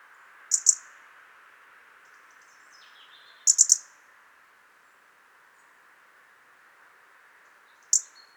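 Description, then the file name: European robin calls: short bursts of one to three high, hard ticks separated by several seconds of near silence, with one faint thin note in between. "Erithacus rubecula"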